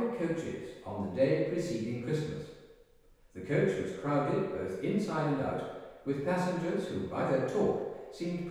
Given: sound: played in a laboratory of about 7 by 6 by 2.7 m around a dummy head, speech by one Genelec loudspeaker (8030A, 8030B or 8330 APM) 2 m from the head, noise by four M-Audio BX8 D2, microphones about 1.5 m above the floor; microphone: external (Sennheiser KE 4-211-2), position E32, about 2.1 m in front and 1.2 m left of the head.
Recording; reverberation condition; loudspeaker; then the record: male speech in English; high; 120 degrees to the left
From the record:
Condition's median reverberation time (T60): about 1300 ms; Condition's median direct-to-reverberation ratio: about -4.0 dB